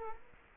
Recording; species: mosquito wingbeat signal from an infrared sensor; Culex quinquefasciatus